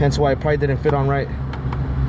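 Someone talks while handling a plastic/metal retaining clip being refitted onto the edge of a car's front bumper, after one clip went on backwards and didn't fit right. Two brief light ticks sound near 1.5 and 1.7 s over a steady low hum, but nothing has seated or clicked into place yet.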